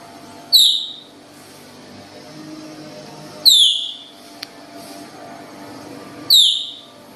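Baird's tapir calls: three shrill, downward-sliding whistles roughly three seconds apart, with a soft hum and a brief click between them.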